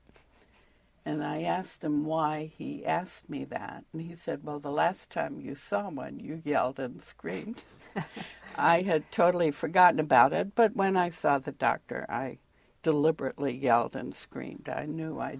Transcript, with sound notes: And I asked him why he asked me that, and he said, 'well the last time you saw one you yelled and screamed.' (Chuckles) I had totally forgotten about it, but when I saw the doctor I deliberately yelled and screamed.